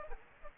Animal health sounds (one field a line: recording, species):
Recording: mosquito wingbeat signal from an infrared sensor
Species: Aedes aegypti